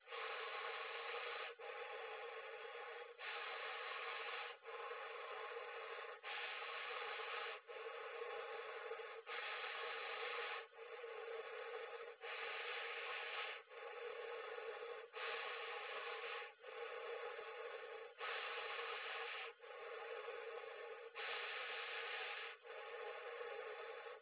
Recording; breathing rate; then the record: paced breathing near a phone; 20 breaths a minute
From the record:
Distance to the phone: 20 cm